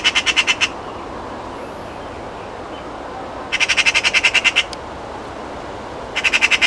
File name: Pica pica